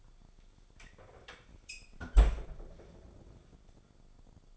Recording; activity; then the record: daily activity, microphone in the room; close fridge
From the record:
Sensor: 5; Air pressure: 1004.7 hPa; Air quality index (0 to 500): 155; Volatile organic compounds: 3 ppm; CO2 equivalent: 1466 ppm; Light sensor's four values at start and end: 23/53/21/20 and 21/48/19/17